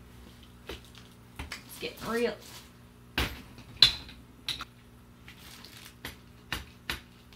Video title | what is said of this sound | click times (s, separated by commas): I Bought A Pet Stroller For My Cat! (thats right... i've gone full cat mom!) | I'm not hearing a click to secure | none